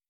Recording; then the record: hydrophone in a shrimp aquaculture tank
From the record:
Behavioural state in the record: feeding